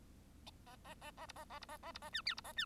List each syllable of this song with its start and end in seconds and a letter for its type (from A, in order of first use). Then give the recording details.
0.66-0.76 A, 0.84-0.94 A, 1.01-1.11 A, 1.17-1.26 A, 1.28-1.32 B, 1.35-1.45 A, 1.50-1.59 A, 1.61-1.66 B, 1.68-1.77 A, 1.83-1.92 A, 1.94-1.99 B, 2.02-2.10 A, 2.12-2.22 C, 2.25-2.35 D, 2.37-2.41 B, 2.44-2.53 A, 2.56-2.65 C. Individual Bird1